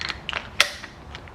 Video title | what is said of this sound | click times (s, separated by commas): TOUCHLESS CAR WASH SYSTEM AT HOME - CREATE YOUR OWN! Easy Spotless Car Wash System | snaps right in and it's got like 40° your 20° spread | 0.6 s